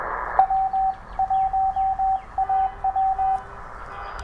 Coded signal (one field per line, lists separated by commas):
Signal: Morse code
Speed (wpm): 21 wpm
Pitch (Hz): 770 Hz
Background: radio noise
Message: W1AW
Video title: Toughing it out with the Penntek TR-35! #qrp #hamradio #cw #morsecode